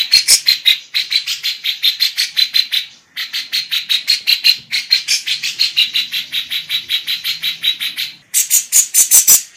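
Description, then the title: Grey-cheeked Bulbul giving rasping chatter in bursts, rapid repeated notes broken by short pauses at about one, three and eight seconds. Female. "Cucak Jenggot Betina"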